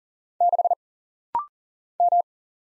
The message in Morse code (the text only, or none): 6 M